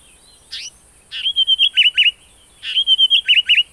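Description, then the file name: African paradise flycatcher gives a short sharp note, then two bursts of buzzy chattering notes, each burst ending in a couple of dipping twangy notes. "African Paradise Flycatcher (Terpsiphone viridis)"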